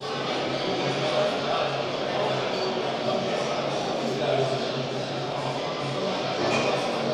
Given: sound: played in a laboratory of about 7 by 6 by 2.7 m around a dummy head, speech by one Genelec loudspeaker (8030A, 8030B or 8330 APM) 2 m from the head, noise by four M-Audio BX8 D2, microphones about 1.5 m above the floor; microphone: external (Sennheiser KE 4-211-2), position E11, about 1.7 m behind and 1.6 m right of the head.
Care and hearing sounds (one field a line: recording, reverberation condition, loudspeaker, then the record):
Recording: cafeteria noise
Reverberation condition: high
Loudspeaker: four, about 170 cm from the corners of the room and facing them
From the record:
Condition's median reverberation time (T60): about 1300 ms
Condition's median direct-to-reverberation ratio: about -4.0 dB